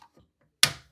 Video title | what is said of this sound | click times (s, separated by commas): Watch This Before Installing Your Next Toilet | You just want to go until you hear that click. | 0.6 s